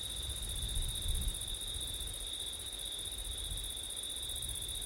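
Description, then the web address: Cricket chorus keeps up its steady high trill while low rumbling wind gusts swell and fade underneath, strongest in the first second and a half. Crickets heard on a windy September night. "audio crickets wind september night ortif"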